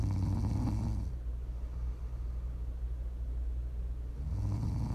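Low, rumbling snores recur about four seconds apart, with quiet breathing between; ordinary snoring from an adult sleeper, offered as ASMR.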